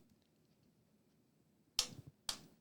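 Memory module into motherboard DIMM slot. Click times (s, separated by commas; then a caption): 1.8 s, 2.3 s. A second memory stick is pressed straight down with both thumbs into a motherboard DIMM slot. After quiet handling, two loud, sharp snaps at 1.8 s and 2.3 s mark each locking ear clicking into place one after the other. The module is seated.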